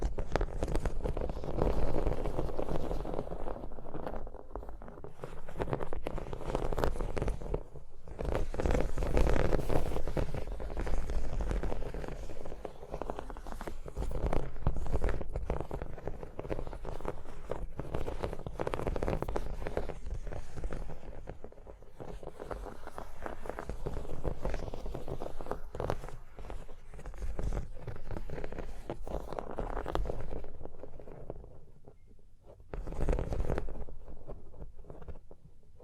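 Tapping, scratching and tracing on a surface, a continuous dense texture of soft scrapes and quick taps with no pauses. The sound stays mostly low and full, with brighter scratchy bursts around 9 and 33 seconds and a quieter stretch near 31 seconds.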